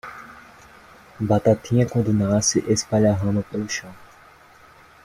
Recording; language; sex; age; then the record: short text; Brazilian Portuguese; male; 18 to 19 years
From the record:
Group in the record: control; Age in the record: 18 years